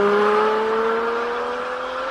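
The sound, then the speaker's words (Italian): A Lamborghini Diablo Roadster engine revs in a loud, continuous drone, its strong harmonic tone climbing slowly in pitch over about two seconds, with no voices. “Lamborghini Diablo modello Roadster.”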